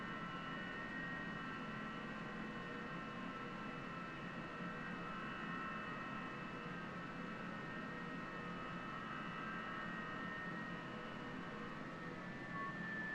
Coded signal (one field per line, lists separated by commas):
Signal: FT8